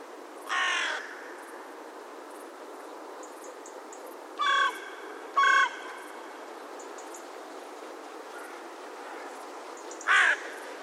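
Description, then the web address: Bird giving four harsh calls at irregular intervals. "Deverinetal 2025 File origin Bird Only"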